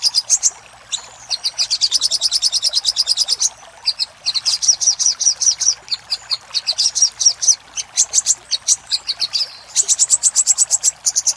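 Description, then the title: Little spiderhunter: long strings of high, clipped notes repeated many times a second, with a brief whistle early on and short pauses every few seconds. Master recording for training cage birds. "Masteran Burung Sogok Ontong Labaik"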